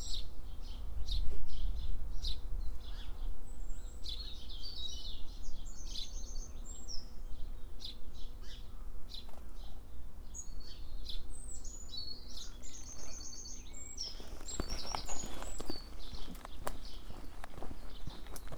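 Birdsong fills a walk along the East Devon Way, with bright, rapid chirps and trilling phrases repeating high above a steady low rumble of wind or traffic. Faint low hums run underneath, and after about fourteen seconds the background grows busier with scattered clicks and rustles.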